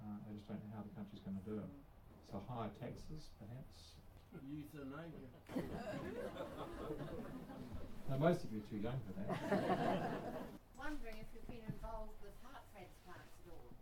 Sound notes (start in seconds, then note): 5.4 chuckles; 9.2 chuckles